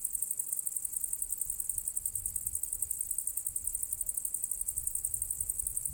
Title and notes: Sulla strada verso l'area archeologica Cosilinium - Grilli e cicale a Cosilinium. Registrazione sul versante sud del sentiero verso l'area archeologica di Cosilinium